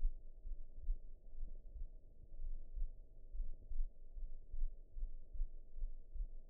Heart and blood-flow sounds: heart sounds by optical stethoscope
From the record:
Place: mitral valve (MV)

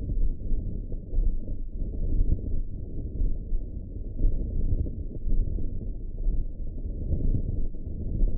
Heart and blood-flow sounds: heart sounds by optical stethoscope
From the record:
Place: pulmonary valve (PV)

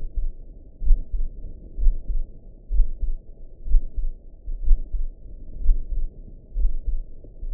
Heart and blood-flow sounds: heart sounds by optical stethoscope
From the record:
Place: tricuspid valve (TV)

